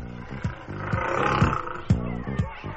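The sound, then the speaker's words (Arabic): A tiger roars in a sustained, rough, throaty growl with deep rumbling tones and a few sharp bursts, loud and continuous for a few seconds with no one speaking. “لا يا حبيبتي، ده مش فهد، ده يبقى اسمه نمر. هذا هو النمر، لا يسلم من بطشه بيض ولا سمر ولا حتى تنوق الحمر، إن هجمته تقصف العمر”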